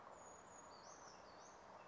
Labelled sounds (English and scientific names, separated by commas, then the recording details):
Brown Creeper (Certhia americana)
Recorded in Sonoma County, California